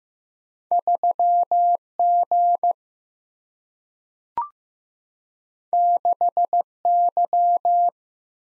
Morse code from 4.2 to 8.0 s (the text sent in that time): 6 Y